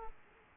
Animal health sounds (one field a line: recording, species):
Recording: mosquito wingbeat signal from an infrared sensor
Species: Aedes aegypti